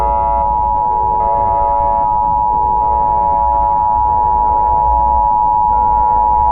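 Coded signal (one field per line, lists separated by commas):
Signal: Emergency Alert System (SAME) tones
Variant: 853 and 960 Hz attention tone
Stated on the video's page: Fictional EAS scenario; contains valid tones.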